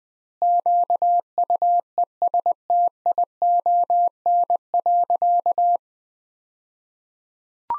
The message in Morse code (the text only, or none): QUESTION.